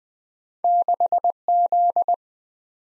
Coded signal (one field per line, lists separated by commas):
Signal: Morse code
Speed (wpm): 20 wpm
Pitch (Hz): 700 Hz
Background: none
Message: 6Z